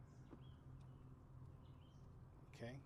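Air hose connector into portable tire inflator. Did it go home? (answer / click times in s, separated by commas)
no / none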